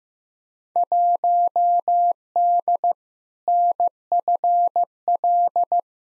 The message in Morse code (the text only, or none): 1D NFL